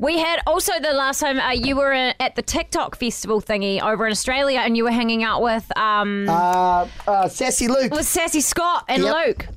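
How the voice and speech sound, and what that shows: A woman speaks fluently in a clear, lively voice, with one brief hesitation; ordinary conversational speech.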